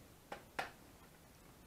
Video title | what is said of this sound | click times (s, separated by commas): Potensic F183W quadcopter review | clicking into place | 0.3 s, 0.6 s